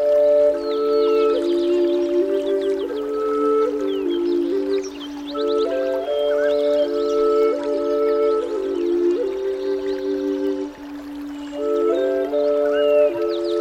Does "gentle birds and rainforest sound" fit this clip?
yes